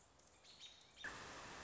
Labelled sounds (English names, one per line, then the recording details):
American Robin
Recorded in Sonoma County, California